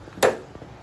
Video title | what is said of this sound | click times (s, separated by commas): Factory Five Roadster - e-Brake relocation - part 2 | one two three right there is when it starts to put tension on the cables after three clicks | 0.2 s